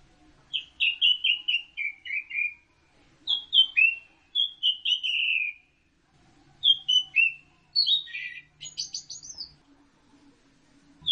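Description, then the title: Orange-headed thrush song: phrases of sweet descending warbled notes separated by short pauses, the last ending with a higher scratchy trill. "Burung Anis Merah"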